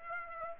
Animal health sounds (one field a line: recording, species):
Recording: mosquito wingbeat signal from an infrared sensor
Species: Aedes aegypti